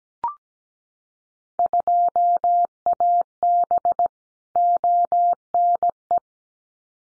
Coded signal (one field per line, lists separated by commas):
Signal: Morse code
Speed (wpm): 17 wpm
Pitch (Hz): 700 Hz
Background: none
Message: 2AB ONE